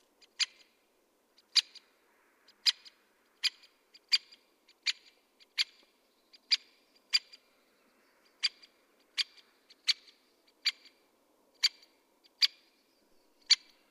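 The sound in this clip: Great spotted woodpecker repeating hard, clipped 'kik' notes in a steady series, about one each second or slightly faster, with little else audible.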